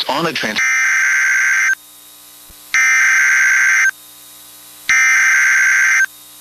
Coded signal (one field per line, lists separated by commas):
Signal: Emergency Alert System (SAME) tones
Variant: header bursts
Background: speech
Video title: EAS #1,988 Online NOAA Weather Radio Tornado Warning 5/21/25